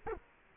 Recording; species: mosquito wingbeat signal from an infrared sensor; Culex quinquefasciatus